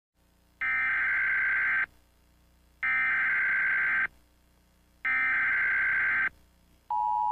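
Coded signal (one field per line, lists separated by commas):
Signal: Emergency Alert System (SAME) tones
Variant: header bursts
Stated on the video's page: Fictional EAS mock, not a real alert.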